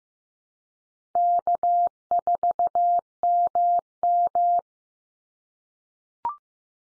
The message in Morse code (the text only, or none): K4MM